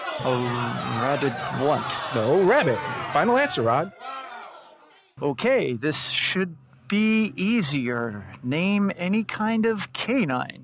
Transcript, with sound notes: A rabid what?
No, rabbit. Final answer, Rod.
[LONG PAUSE] Okay, this one should be easier. Name any kind of canine.